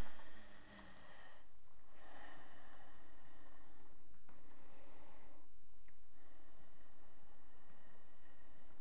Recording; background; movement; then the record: deep breathing; quiet; sitting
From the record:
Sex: female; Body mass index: 25.5 kg/m2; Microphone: on the chest, facing outward